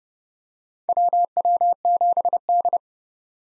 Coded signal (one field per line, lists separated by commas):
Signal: Morse code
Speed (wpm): 30 wpm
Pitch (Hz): 700 Hz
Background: none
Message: WW7D